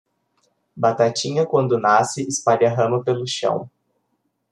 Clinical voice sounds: short text; Brazilian Portuguese; male; 20 to 29 years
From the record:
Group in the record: control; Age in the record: 24 years

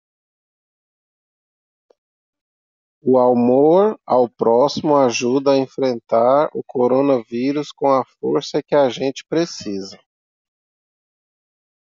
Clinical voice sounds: spoken sentence; Brazilian Portuguese; male; 30 to 39 years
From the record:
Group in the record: control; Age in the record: 39 years

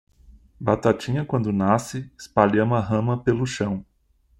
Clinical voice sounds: short text; Brazilian Portuguese; male; 40 to 49 years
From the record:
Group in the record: control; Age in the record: 43 years

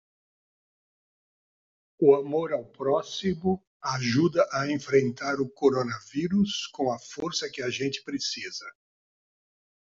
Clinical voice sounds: spoken sentence; Brazilian Portuguese; male; 60 to 69 years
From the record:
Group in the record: control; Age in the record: 66 years

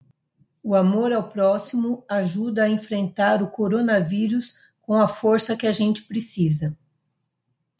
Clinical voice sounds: spoken sentence; Brazilian Portuguese; female; 50 to 59 years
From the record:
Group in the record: control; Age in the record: 52 years

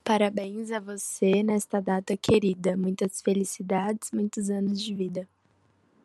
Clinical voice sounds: short text; Brazilian Portuguese; female; 20 to 29 years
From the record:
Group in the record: control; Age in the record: 20 years

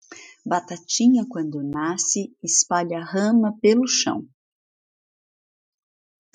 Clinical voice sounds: short text; Brazilian Portuguese; female; 50 to 59 years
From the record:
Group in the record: control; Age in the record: 57 years

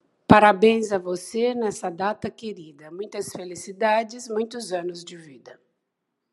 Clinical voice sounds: short text; Brazilian Portuguese; female; 60 to 69 years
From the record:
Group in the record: control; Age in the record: 60 years

